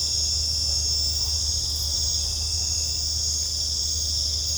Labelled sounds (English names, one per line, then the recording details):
none
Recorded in secondary vegetation near Puerto Asís, Putumayo, Colombia, on 26 December 2024 at 20:30
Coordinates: 0.499, -76.323
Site G010